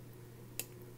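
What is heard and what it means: The blade of a Boker Plus Jade G10 Urban Trapper Premium folding knife is closed so the detent ball in the liner lock catches it. A single crisp, bright snap is heard at 0.6 s over a steady low hum, with a faint softer tick near 0.8 s. The blade seats firmly into its closed-position detent with a clean, satisfying click.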